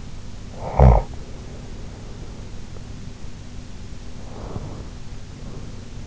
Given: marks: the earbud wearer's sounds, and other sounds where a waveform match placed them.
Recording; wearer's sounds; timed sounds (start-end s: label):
sounds in sleep by an in-ear microphone; snoring breath, breath
0.55-1.28 s: snoring breath
4.28-5.88 s: breath